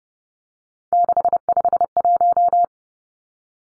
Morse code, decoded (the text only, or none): 651